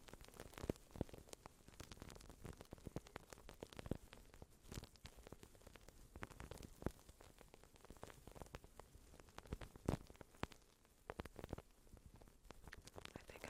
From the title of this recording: soft crinkles and whispering - plastic wrap